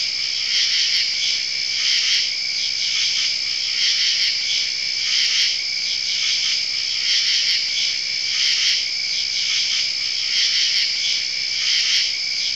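Crickets trilling together in an unbroken high chorus, the sound swelling gently and ticking in regular faint pulses throughout.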